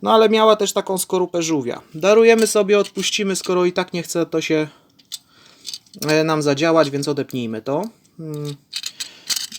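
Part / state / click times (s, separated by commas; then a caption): plastic clip holding the backpack part on an action figure / released / 9.0 s. A small plastic clip holding the backpack part on a transforming action figure is unclipped so the part can slide off, while someone talks. Between stretches of talk, a few light plastic clicks and handling sounds are heard. The clip clicks open at about 9.0 s, releasing the backpack part.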